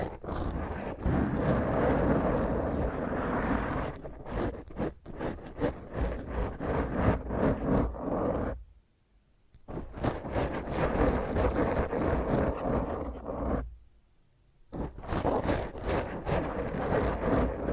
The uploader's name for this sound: Intense Rough Mic Scratch using HandNails